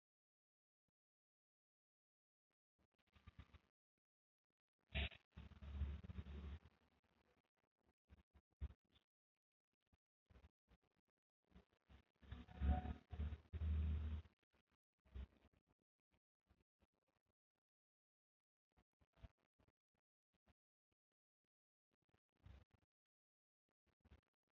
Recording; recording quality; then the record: shallow breathing; excellent, no background noise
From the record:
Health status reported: healthy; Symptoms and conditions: none ticked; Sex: female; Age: 32 years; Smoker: not ticked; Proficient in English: yes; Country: India